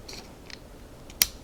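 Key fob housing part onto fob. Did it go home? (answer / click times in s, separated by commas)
yes / 1.2 s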